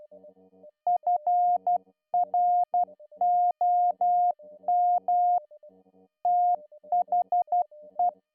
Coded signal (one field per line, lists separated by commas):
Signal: Morse code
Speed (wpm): 12 wpm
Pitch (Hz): 710 Hz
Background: music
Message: FROM THE